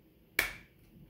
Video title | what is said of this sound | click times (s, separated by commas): Modifying a "Battery Eliminator Adapter" for a Baofeng UV-82 Radio. | pop into place and you can plug this into your car charger something | 0.4 s